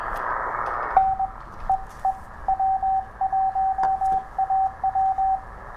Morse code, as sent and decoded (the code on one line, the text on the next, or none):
-. / . . / .-- .---- .- .--
N EE W1AW